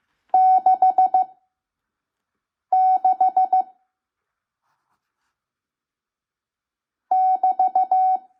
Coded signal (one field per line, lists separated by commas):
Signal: Morse code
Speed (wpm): 15 wpm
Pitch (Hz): 750 Hz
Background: none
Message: 66 <BT>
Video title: Learning Morse Code (CW) 5 wpm - part 3